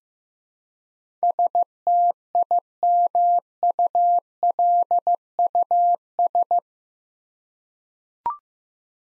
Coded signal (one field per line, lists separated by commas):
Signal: Morse code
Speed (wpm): 16 wpm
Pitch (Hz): 700 Hz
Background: none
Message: STIMULUS